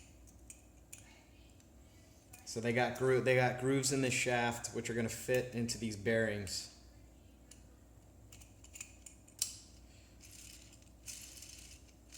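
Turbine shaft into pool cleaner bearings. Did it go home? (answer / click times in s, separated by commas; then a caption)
yes / 9.4 s. The grooved turbine shaft of a Hayward Navigator pool cleaner is pushed into the plastic bearings of an A-frame and bearing kit, installed to fix the cleaner not moving. Someone talks between about 2.5 and 6.5 s, and faint taps and handling clicks follow. A sharp click at 9.4 s marks the shaft seating and locking in place.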